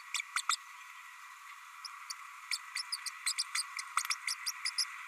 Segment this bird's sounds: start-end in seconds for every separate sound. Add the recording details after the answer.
0.14-0.21, 0.35-0.41, 0.49-0.55, 1.84-1.87, 2.10-2.12, 2.51-2.58, 2.77-2.82, 2.92-2.97, 3.06-3.09, 3.26-3.33, 3.38-3.43, 3.55-3.62, 4.10-4.14, 4.27-4.34, 4.46-4.51, 4.65-4.70, 4.78-4.84. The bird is a male. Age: 30 days. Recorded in a nest box in Venezuela. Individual 17B32A6